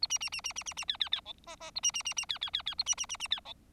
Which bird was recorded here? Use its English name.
Bengalese Finch